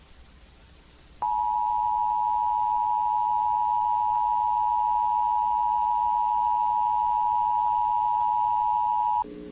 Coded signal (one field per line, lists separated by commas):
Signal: Emergency Alert System (SAME) tones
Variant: 853 and 960 Hz attention tone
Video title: EAS Scenario: Thawed Earth - Episode 1: Starting in Miami